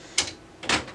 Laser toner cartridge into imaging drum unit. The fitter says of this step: When you hear it clicks, you know that it's in.